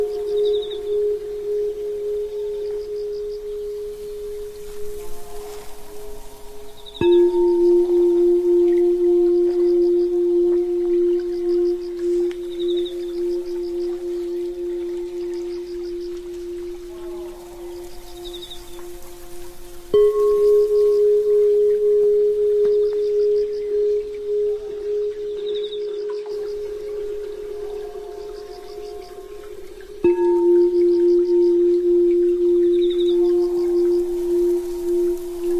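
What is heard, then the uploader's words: Metal bowls are struck four times, near 0, 7, 20 and 30 seconds, each ringing into a long, steady hum that slowly fades. The pitch alternates between two close notes, with a shimmer of higher overtones. Faint, regular chirps sit quietly in the background. Different bowl sound.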